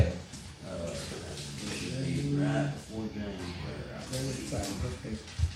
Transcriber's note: murmuring